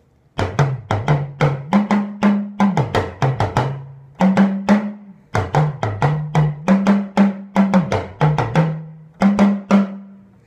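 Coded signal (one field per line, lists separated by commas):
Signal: talking drum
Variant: Yoruba dùndún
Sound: rapid drum strokes whose low pitch rises, falls and bends like speech tones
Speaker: that's oo and that was the very first song I learned on this stalking drum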